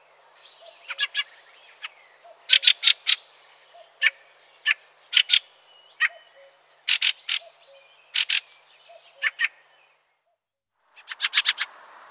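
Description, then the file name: Fieldfare harsh chacking in short groups of two or three notes, ending after a pause with a rapid run of rasping notes. "Grive litorne"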